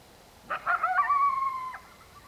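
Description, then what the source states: Coyote calling with a few quick yelps followed by a held, level howl that drops away at the close, background otherwise quiet. Coyote calling at night.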